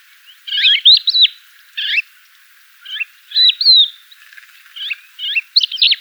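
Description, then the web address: Crested lark calls, a run of clear whistled, slurred notes in short bursts, some rising and falling, repeated several times over a few seconds. "galerida cristata call"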